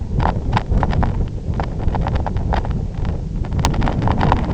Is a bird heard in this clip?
no